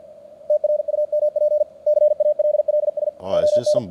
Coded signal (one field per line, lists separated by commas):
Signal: Morse code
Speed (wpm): 48 wpm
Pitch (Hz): 600 Hz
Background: speech, radio noise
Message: TRUMP CALLS ON